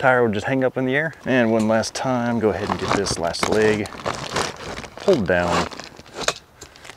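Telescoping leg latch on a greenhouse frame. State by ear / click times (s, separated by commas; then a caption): seated / 6.3 s. Someone talks while pulling down the last telescoping leg of a greenhouse frame. Its spring button clicks into a hole at about 6.3 s, and the leg is seated in its first position.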